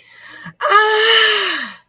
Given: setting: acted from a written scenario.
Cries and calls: vocal sound without words; elation

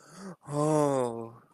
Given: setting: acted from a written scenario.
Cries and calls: vocal sound without words; relief

